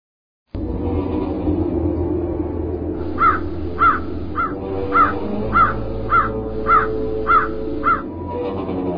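Crows caw in a steady series of about nine harsh, evenly spaced calls, rising over a constant low rumbling background after a few seconds of only the rumble.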